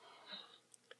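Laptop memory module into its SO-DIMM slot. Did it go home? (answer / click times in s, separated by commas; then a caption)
yes / 0.7 s, 0.9 s. A laptop memory module is inserted at an angle into its SO-DIMM slot and pushed straight down until the slot's metal clips latch it. After some low rustling, two sharp clicks sound at 0.7 s and 0.9 s as the module snaps into place, seated.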